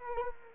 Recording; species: mosquito wingbeat signal from an infrared sensor; Anopheles arabiensis